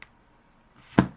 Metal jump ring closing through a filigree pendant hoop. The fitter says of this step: and you hear a snap and there